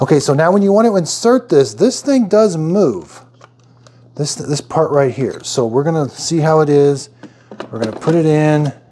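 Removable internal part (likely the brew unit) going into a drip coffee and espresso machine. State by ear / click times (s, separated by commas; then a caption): not seated / none. After being rinsed, a removable internal part, likely the brew unit, is handled as it is about to be pushed back into a De'Longhi True Brew drip coffee and espresso machine. Someone talks throughout, with a few faint, brief handling taps during a pause around 3.4–3.9 s. The clip ends before the part goes home, so nothing has seated or snapped into place yet.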